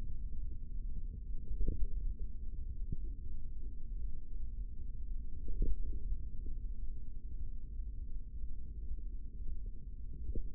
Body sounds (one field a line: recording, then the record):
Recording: forearm muscle sounds (acoustic myography)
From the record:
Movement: hand opening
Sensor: system 3, bracelet of six PUI Audio POM-2738L microphones around the upper forearm, with dedicated amplification and filtering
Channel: 4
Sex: male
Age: 25 years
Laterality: right